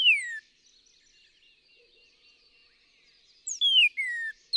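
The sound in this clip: Northern cardinal song: a falling whistle, a pause with faint twittering birds, then a pair of long down-slurred whistles and the start of another.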